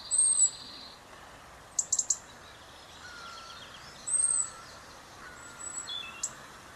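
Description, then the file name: European robin giving thin, very high whistled notes about four seconds apart, with a quick burst of sharp ticks between them and a few faint lower notes, over steady hiss. "Erithacus rubecula"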